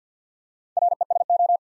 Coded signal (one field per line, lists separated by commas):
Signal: Morse code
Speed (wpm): 50 wpm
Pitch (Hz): 700 Hz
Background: none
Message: RESO